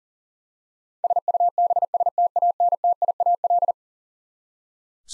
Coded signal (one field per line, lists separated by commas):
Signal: Morse code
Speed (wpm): 40 wpm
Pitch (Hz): 700 Hz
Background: none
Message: SUBSTANTIAL